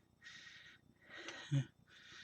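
A plastic building-brick ball joint on a green toy car model is pressed into its socket and seats with a sharp click at 1.3 s. Breathy, hissing bursts come before and after the click, and a louder low thump follows around 1.5 s.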